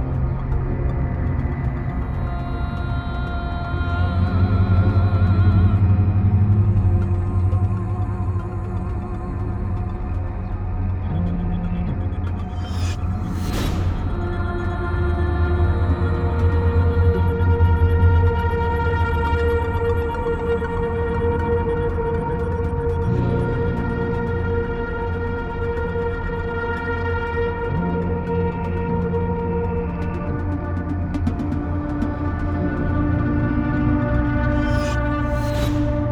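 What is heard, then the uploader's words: A dark, droning wander through the catacombs: layered low tones hum steadily, with sustained higher notes shifting slowly overhead. The level stays even throughout. A sharp, bright swish cuts through around thirteen seconds, and another near the very end. Katakomben. Wandering through the catacombs.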